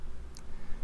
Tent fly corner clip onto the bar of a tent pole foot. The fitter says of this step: You should hear an audible snapping sound when the clip is attached.